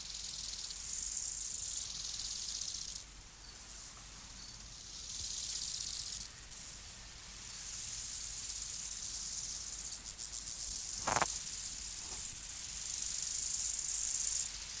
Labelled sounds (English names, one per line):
Bow-winged Grasshopper stridulation